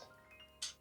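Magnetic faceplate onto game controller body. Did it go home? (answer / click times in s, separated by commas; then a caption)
yes / 0.6 s. A plastic magnetic faceplate is put onto the body of an Abxylute C8 game controller that has been reassembled with taller sticks. A faint ringing tone lasts through the clip, and a sharp snap comes at 0.6 s as the magnets pull the faceplate into place. The faceplate seats firmly and someone talks about how strong the magnets are.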